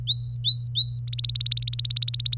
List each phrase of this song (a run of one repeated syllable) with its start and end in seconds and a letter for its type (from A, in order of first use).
0.00-0.99 A, 1.07-2.36 B